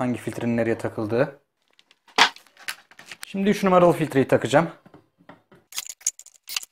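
Someone talks while the third filter cartridge of a home water purifier is handled for fitting into its housing, where it is to be pressed in with a housing key used for compression. Short handling knocks and rattles come between the talk around 1.8 to 3.1 seconds, with sharper, louder knocks near 5.8 to 6.6 seconds. Nothing has seated or clicked yet.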